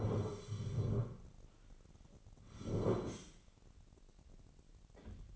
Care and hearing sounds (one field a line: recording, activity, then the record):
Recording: daily activity, microphone in the room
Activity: sit down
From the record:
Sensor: 4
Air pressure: 1010.0 hPa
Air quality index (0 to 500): 188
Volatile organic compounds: 3 ppm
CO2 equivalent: 1352 ppm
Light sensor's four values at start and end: 35/86/35/37 and 35/86/35/37